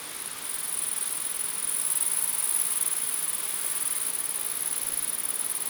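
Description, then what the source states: Grasshoppers buzzing in a high, unbroken shimmer that swells slightly after the first half second and holds steady, backed by a faint rushing hiss. Several grasshoppers recorded in windy conditions.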